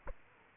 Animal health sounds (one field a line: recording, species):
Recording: mosquito wingbeat signal from an infrared sensor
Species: Aedes aegypti